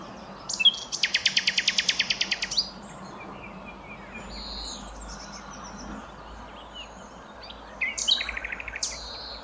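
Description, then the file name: Common nightingale song: a few chips, then a loud, fast rattling trill of evenly repeated notes, followed by softer whistles and another short stuttered burst. "Luscinia megarhynchos"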